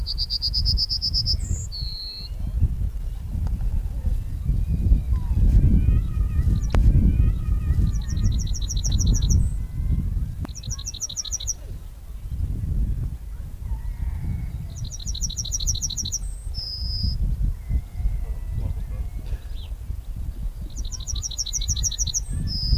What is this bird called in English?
Yellowhammer